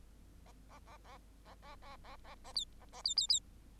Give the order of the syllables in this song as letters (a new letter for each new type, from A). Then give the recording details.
A A A A A A A A A A B A A B B B. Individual Bird8